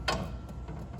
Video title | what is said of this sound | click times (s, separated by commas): How To Use The Multi Hip Machine | So in my case, I'm going to push it down until it clicks into place. | 0.1 s